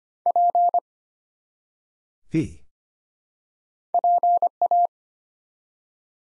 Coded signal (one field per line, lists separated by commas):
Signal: Morse code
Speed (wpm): 25 wpm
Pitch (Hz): 700 Hz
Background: none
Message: P PA